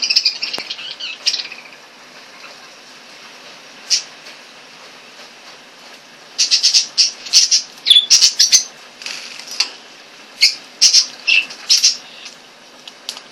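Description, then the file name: Eclectus parrot calls: a brief chirpy burst at the start and a lone note, then a long series of high, clipped chirps in irregular clusters. "blagorodnyj popugaj eklektus"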